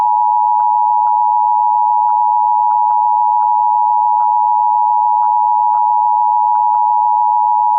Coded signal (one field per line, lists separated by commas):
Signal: Emergency Alert System (SAME) tones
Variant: 853 and 960 Hz attention tone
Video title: EAS Recreation (03/04/25): Massachusetts RMT (March)